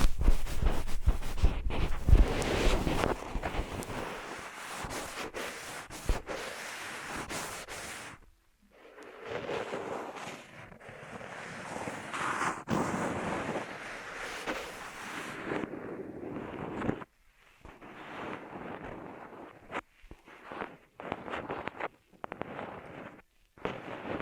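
Ear massage triggers: dense rubbing and brushing against the microphone, loudest and most continuous for the first eight seconds, with a brief silence near the nine-second mark. The rubbing returns softer, then after sixteen seconds breaks into short strokes separated by quiet gaps.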